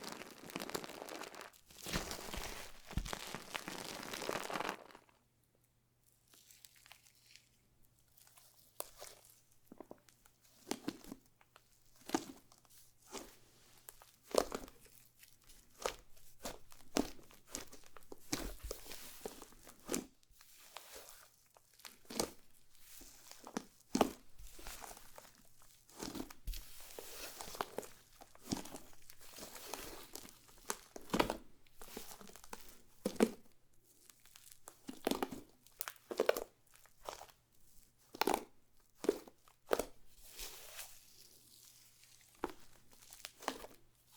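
Slime is squished and pressed, opening with five seconds of dense crackling, then steady low hum under frequent sharp pops, crinkles and squelches.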